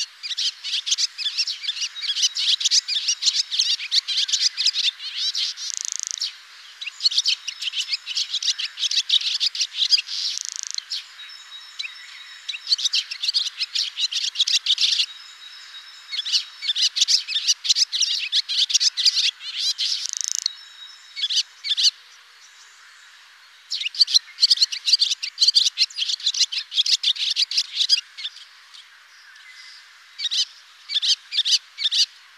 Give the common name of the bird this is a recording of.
Barn Swallow